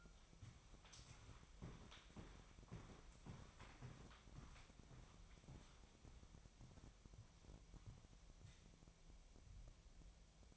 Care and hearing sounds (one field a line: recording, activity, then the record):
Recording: daily activity, microphone in the room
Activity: walk to room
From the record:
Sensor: 1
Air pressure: 999.4 hPa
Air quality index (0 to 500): 197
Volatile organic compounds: 39 ppm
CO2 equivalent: 3131 ppm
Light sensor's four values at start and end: 9/23/9/10 and 10/24/9/10